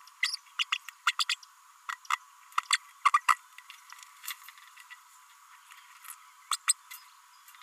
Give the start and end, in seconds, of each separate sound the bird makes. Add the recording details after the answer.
0.22-0.36, 0.58-0.64, 0.72-0.78, 1.05-1.12, 1.19-1.24, 1.28-1.35, 2.10-2.18, 2.72-2.77, 3.13-3.21, 3.28-3.37, 6.51-6.56, 6.67-6.74. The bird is a female. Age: 32 days. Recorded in a nest box in Venezuela. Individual 17B32A5